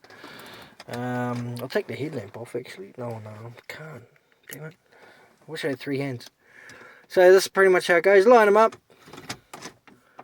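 Someone talks while lining up a plastic dash trim panel with its clips against the dashboard, and a few short, sharp handling sounds come near the end. The panel is handled but not yet home: nothing has seated or clicked yet.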